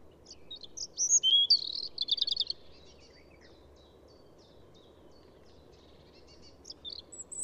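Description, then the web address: European robin song: a brief, tinkling phrase of high warbles and a fast trill, then a long quiet gap and a few more high notes at the end. "SETE Erithacus rubecula"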